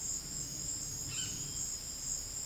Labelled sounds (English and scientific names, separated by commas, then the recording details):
Dusky-headed Parakeet (Aratinga weddellii)
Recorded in dense forest near Puerto Asís, Putumayo, Colombia, on 19 February 2024 at 17:30
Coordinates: 0.481, -76.318
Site G6421